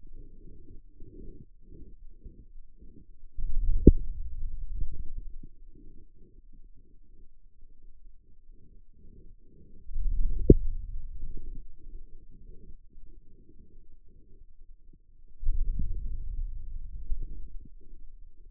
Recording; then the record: forearm muscle sounds (acoustic myography)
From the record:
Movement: hand closing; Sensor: system 2, bracelet of six BSWA MPA416 microphones around the upper forearm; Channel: 4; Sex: male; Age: 22 years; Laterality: right